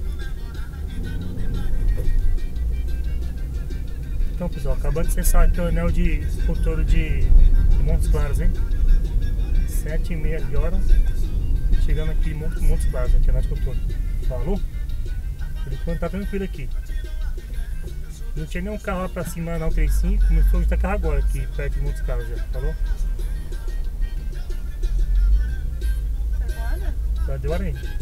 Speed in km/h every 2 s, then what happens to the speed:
22, 24, 28, 29, 29, 25, 17, 10, 5, 5, 9, 7, 11, 13.
0-5 speeds up to 29. 9-16 slows to 5. 16-28 speeds up to 13.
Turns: none.